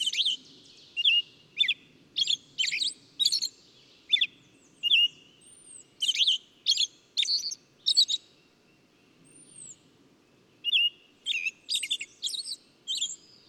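Bird song: short bursts of bright, twittering chirps high in pitch, repeated in quick phrases with brief pauses, and a thin rising-falling whistle now and then.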